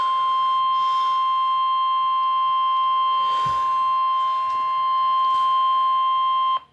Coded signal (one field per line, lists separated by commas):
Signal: Emergency Alert System (SAME) tones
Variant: 1050 Hz attention tone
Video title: eas 8 severe thunderstorm watch